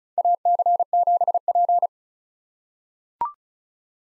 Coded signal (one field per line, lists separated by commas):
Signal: Morse code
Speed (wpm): 34 wpm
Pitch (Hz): 700 Hz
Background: none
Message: AC7P